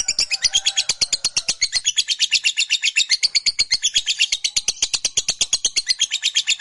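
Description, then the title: Lovebird long chatter, a fast steady train of harsh high notes, continuing without pause throughout. Fighter lovebird giving a long chatter, called ngekek panjang. "Begitu Dengar Suara Lovebird FIGHTER NGEKEK PANJANG"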